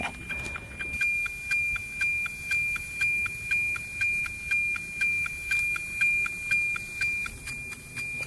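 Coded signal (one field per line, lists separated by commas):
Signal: weather satellite image (APT)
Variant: NOAA APT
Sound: steady high whistle with rhythmic tick-tock clicking, about four ticks per second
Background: radio static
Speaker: there's an airplane right in front of the antenna I don't think that's gonna be an issue though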